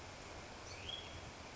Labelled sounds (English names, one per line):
Hutton's Vireo